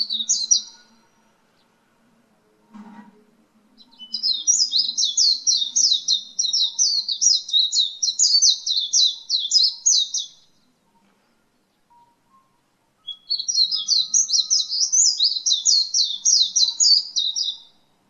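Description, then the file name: White-eye song in rapid, high chattering bursts, a brief note at the start, then two long twittering runs of scratchy, warbled notes separated by silence. Wild white-eye singing in the ngalas song style. "peci liar ngalas"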